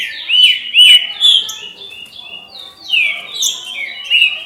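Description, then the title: Green-winged saltator song: clear, bright whistles slurring up and down, two quick bursts separated by a short quieter stretch. "Trinca Ferro"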